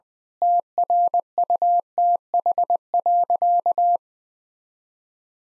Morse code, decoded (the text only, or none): TRUTH.